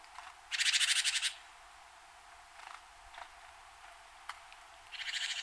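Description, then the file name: Great tit giving a harsh buzzy churr, a rapid rattle under a second long, then a few faint clicks and a second churr beginning at the end. "Parus major"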